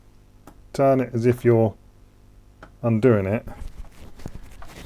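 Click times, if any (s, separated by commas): 4.6 s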